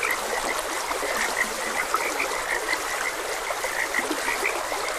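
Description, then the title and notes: Frogs croaking in a dense chorus, short rhythmic croaks overlapping continuously above a steady background hiss. Frogs croaking beside a gentle stream. "Frogs Croaking. Sleep and Relaxation Podcast"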